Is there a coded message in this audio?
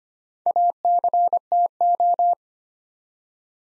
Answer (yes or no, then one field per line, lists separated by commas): yes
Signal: Morse code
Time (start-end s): 0.5-2.3 s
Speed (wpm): 25 wpm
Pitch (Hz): 700 Hz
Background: none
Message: ACTO